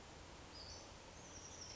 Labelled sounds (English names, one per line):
Western Flycatcher